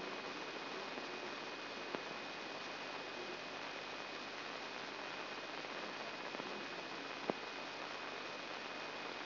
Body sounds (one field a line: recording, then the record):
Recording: brain microelectrode recording played as sound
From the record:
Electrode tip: inside the subthalamic nucleus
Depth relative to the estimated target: -1 mm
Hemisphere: right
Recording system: AlphaMap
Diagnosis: Parkinson's disease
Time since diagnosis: 11 years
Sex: female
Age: 62 years